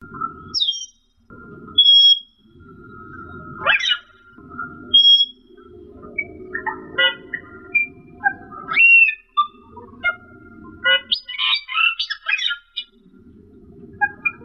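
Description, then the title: Asian glossy starling song mixing sharp whistles, rising squeaks and harsh chattering notes, with a steady low hum through much of it. "Suara Burung Cucak keling"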